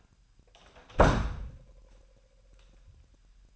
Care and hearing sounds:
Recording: daily activity, microphone in the room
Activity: close door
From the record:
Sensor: 2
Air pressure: 998.3 hPa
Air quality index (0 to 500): 141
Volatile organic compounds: 4 ppm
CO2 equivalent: 1595 ppm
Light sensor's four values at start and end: 12/34/14/13 and 12/34/14/13

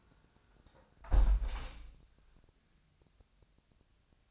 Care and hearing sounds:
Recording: daily activity, microphone in the room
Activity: close window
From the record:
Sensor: 2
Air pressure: 1000.3 hPa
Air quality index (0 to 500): 157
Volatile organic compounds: 2 ppm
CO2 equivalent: 1307 ppm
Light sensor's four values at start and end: 11/31/12/14 and 11/30/11/13

